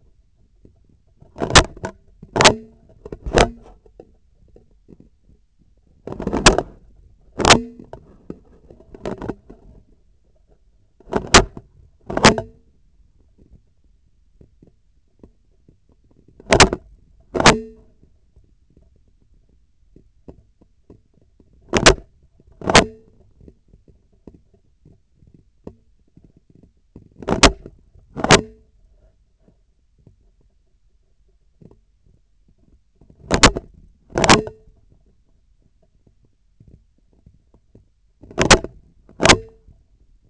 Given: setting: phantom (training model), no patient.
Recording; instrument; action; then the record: laparoscopic instrument, vibration sensor on the handle end; scissors; opening and closing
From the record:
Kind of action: tool actuation without material contact